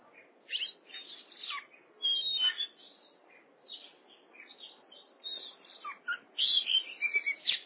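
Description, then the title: Oriental magpie-robin giving scattered chirps and whistles with a louder burst early on, then a denser, louder run of whistled notes toward the end. "Kacer"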